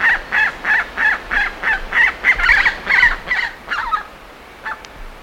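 Bird giving a fast series of harsh, nasal calls, about three per second, growing ragged and fading toward the end, over faint background hiss.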